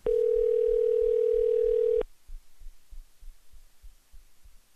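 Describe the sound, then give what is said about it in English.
A loud, steady mid-pitched phone line tone holds for about two seconds, then cuts off abruptly, leaving soft, regular low thumps pulsing underneath. “I hear some kind of a beeping. I don't know what's going on there, baby. Now it's ringing.”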